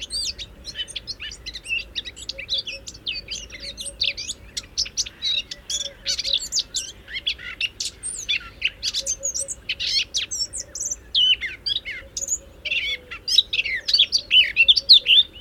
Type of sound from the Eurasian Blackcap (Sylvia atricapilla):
song